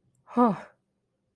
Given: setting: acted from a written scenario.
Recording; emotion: vocal sound without words; shame